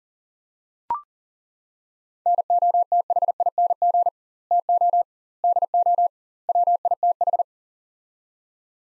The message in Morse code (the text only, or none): NOTHING TO DO WITH